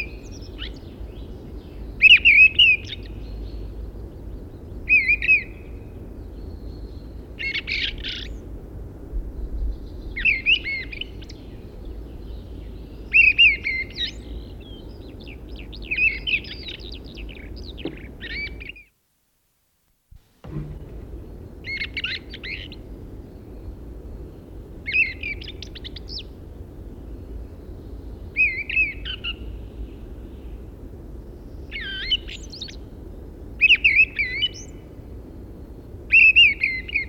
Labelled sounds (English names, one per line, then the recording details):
Fieldfare song
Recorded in the wild
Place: Liddower Haken, Insel Rügen, Mecklenburg-Vorpommern, DE
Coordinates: 54.5667, 13.3833
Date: 1970-03-04
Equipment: Nagra III BH, Sennheiser MD 21, parabola
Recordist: Schubert, Michael